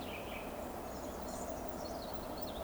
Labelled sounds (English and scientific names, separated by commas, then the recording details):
Eurasian Woodcock (Scolopax rusticola) whistle
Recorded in Baden-Württemberg, Germany, on 12 June 2020 at 20:16 UTC
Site 14569, 102 m above sea level